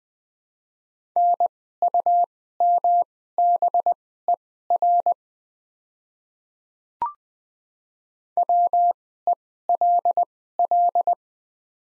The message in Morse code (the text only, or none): NUMBER WELL